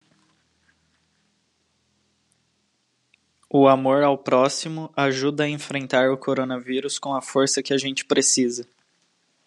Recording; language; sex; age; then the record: spoken sentence; Brazilian Portuguese; male; 20 to 29 years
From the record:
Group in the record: control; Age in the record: 24 years